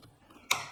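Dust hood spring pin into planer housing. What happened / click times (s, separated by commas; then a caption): Spring pin snapped into its hole / 0.5 s. The dust collection hood of a Dewalt DW735 planer is fitted to the planer outlet, with one spring pin held depressed while the other end is lined up and pushed. Faint low handling rustles lead up to a single loud, sharp metallic snap at 0.5 s with a brief ringing tail, as the spring pin snaps into its hole in the planer housing and the hood is seated.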